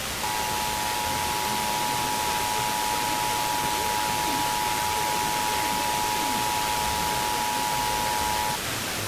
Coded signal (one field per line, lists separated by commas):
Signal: Emergency Alert System (SAME) tones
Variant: 853 and 960 Hz attention tone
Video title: New Jersey Monthly Test on WHTZ (9/17/2024) (EAS #147)